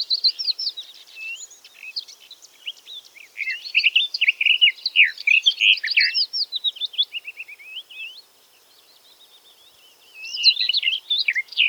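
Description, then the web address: Garden warbler singing a sustained, hurried babbling warble of mellow chattering notes, pausing briefly near second eight before another burst begins. "geluiden tuinfluiter zang"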